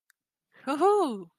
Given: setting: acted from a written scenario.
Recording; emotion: vocal sound without words; elation